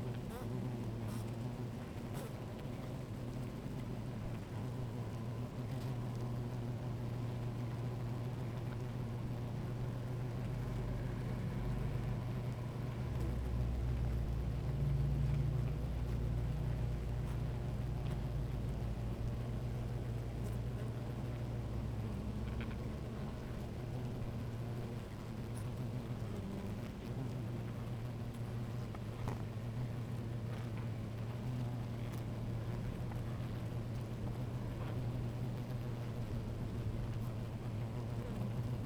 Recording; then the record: honeybee colony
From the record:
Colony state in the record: active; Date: 28 July 2017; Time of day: 16:54